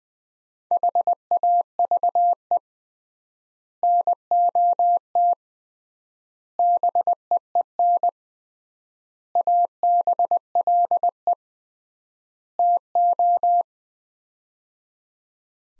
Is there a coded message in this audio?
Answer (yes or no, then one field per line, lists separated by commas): yes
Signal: Morse code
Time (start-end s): 0.7-13.6 s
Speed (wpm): 20 wpm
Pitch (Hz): 700 Hz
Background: none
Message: HAVE NOT BEEN ABLE TO